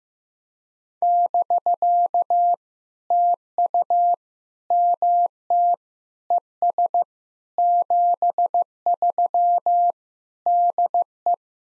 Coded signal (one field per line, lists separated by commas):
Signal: Morse code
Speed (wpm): 15 wpm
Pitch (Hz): 700 Hz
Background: none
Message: <BK> TU MT ES 73 DE